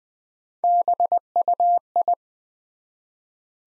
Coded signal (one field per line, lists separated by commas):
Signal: Morse code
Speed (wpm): 20 wpm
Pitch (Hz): 700 Hz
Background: none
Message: BUI